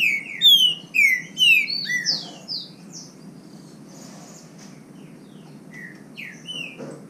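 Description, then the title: Green-winged saltator song: a loud burst of clear, slurred whistles for two seconds, then quieter scattered whistled notes with soft background hiss. Singing in the bush, in song contest with a free-living bird of the same kind. "Trinca Ferro NICÃ O No Mato Disputando Com Solto"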